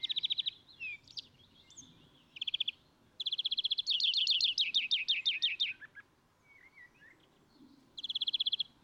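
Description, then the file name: European greenfinch song, a fast series of rhythmic trilled notes broken by twitters, building into a long rolling rattle before a final trill. "Chloris chloris"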